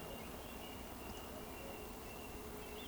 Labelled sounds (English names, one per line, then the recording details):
Eurasian Woodcock
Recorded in Baden-Württemberg, Germany, on 16 June 2020 at 19:39 UTC
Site 14569, 102 m above sea level